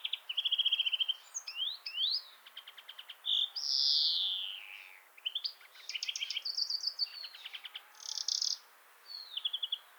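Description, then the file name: European greenfinch song mixing fast buzzy trills, chattering notes and a drawn-out descending wheeze, running continuously through the whole stretch. "Chloris chloris"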